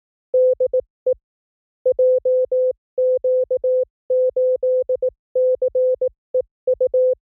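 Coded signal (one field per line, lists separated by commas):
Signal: Morse code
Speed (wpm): 18 wpm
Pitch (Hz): 530 Hz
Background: none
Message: DE JQ8CEU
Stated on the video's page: Morse training drill of random Japanese callsigns at speeds from 15 to 25 WPM, 300 calls, generated at a 44100 Hz sampling rate.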